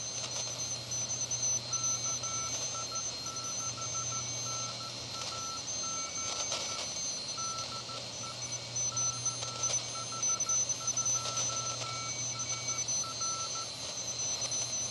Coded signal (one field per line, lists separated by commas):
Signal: Morse code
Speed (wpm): 14 wpm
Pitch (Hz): 1330 Hz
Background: none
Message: KI6NAZ DE KH2SR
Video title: PreppComm DMX-40 - Morse Code Decoding QRP Ham Radio